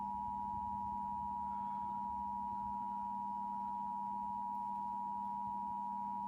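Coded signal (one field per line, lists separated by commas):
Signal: Emergency Alert System (SAME) tones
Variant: 853 and 960 Hz attention tone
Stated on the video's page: Severe Thunderstorm Warning retransmitted through a cable box over Charter Spectrum, with the tones and full audio.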